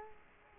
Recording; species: mosquito wingbeat signal from an infrared sensor; Culex quinquefasciatus